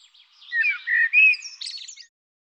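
Bird singing a short phrase of slurred whistles and chirps, finishing with a cluster of high, buzzy notes.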